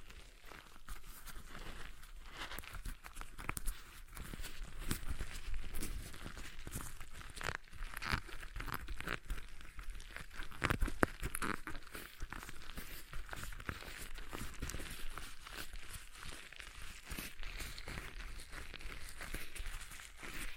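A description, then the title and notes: A stress ball is squeezed and kneaded over and over, giving a dense run of soft crinkling, squishing and crackling that never stops. The texture is busy and irregular, with brief louder squeezes scattered throughout, strongest near the middle. ASMR Relaxing Stress Ball Sounds (No Talking).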